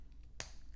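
A metal butterfly deployant clasp on the watch strap of a Code 41 Anomaly Sports Watch, a dual clasp that opens only when both buttons are pushed, is closed again after being opened. It snaps shut with a single loud, sharp click at 0.4 s, and the clasp is seated closed.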